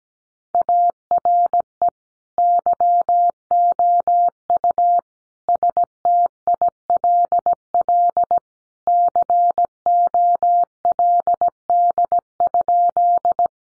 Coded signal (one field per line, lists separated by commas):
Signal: Morse code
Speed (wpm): 17 wpm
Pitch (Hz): 700 Hz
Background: none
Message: ARE YOU STILL COLD?